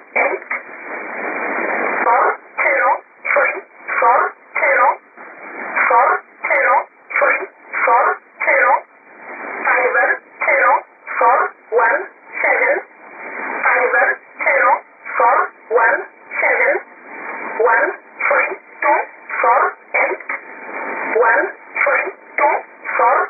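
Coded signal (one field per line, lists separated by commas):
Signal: numbers station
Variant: E11 Oblique, English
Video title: 04 01 2018 Numbers station E11 Oblique in English to Eu 0652 on 7840 unknown tx site in USB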